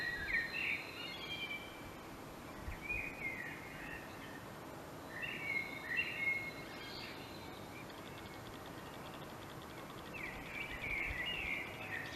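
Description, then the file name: Common blackbird song in four separate mellow warbling phrases, each ending in a squeaky high flourish, heard over a steady noisy background. "Turdus merula"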